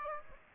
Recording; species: mosquito wingbeat signal from an infrared sensor; Aedes aegypti